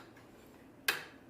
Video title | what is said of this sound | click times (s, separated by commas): Winter Market: A Grace Carol | push it in you'll hear that click and then you know your bobin is ready to go | 0.9 s